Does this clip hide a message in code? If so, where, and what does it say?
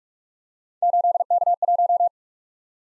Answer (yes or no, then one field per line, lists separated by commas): yes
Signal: Morse code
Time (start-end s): 0.8-2.1 s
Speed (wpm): 44 wpm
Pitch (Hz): 700 Hz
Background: none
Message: 8K1